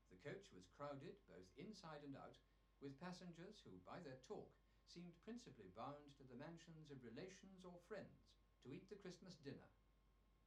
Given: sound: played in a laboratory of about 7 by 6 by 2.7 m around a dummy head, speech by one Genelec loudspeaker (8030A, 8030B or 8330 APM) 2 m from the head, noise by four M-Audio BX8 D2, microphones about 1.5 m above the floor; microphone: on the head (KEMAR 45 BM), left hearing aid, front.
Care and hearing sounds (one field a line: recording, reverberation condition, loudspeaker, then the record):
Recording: male speech in English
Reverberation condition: low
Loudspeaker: behind (180 degrees)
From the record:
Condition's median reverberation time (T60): about 310 ms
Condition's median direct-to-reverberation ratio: about 3.5 dB